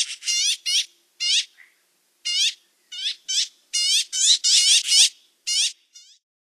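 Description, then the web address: Yellow-billed magpie giving harsh, nasal, rasping calls in quick bursts, about a dozen notes spaced unevenly over six seconds, with short pauses between groups. "Songs of Birds of North America Western USA Songbirds. Yellow-billed Magpie"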